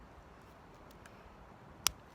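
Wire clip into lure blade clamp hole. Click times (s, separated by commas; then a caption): 1.9 s. A small wire clip on a fishing lure is passed through a little clamp on the blade and snapped into a hole, seating with a sharp, bright snap at 1.9 s. Before that there is only quiet background with a faint tick around 1.1 s.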